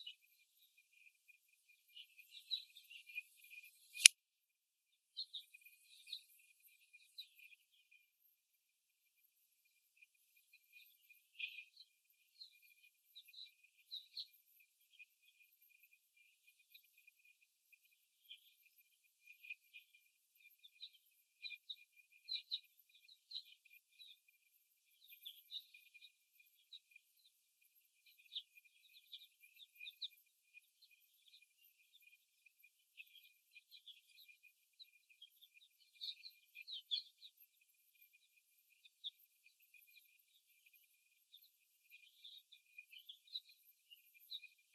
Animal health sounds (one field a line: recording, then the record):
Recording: young laying hens in a cage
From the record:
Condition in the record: before the stressor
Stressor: simulated dog barking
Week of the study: 1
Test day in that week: 2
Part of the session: 1